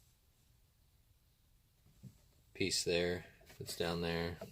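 A plastic trim cover on a Sprinter van swivel seat base is being handled and pushed down toward place. After about two seconds of quiet with a faint bump near 2.1 seconds, someone talks. Nothing has seated or clicked yet; the clip ends just before the cover piece snaps back in.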